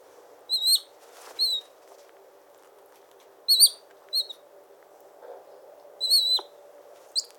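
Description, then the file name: Harris's hawk giving short, high, piercing calls in several irregular bursts, some paired. Recorded close to the hawk. "Digiffects Sound Effects Library - Close Harris Hawk"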